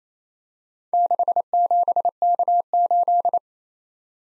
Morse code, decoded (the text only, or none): 67K8